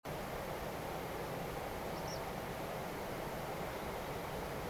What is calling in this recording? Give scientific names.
Motacilla alba